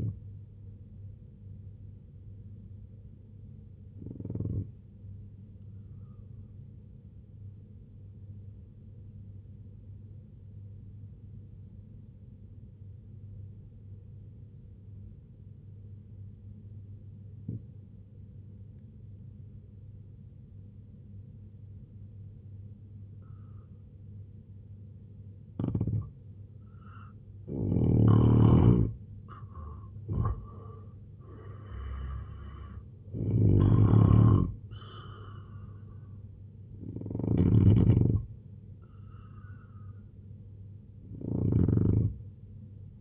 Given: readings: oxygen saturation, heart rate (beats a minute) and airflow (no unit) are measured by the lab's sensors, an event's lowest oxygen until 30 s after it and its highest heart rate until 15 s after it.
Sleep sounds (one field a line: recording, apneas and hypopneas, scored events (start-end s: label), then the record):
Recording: breathing in sleep by a smartphone at the bedside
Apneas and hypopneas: 1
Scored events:
1.00-43.01 s: new sleep stage, N1 (lightest sleep)
5.00-29.80 s: obstructive apnea (N1, oxygen 93% highest, then 82% lowest, heart rate 64 at the start, 91 highest)
From the record:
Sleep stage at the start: N2 (light sleep)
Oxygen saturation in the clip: 83 to 93%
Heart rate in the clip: 64 to 91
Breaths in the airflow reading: 5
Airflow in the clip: -9.0 to 7.2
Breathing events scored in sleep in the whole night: 258 in 7.4 hours asleep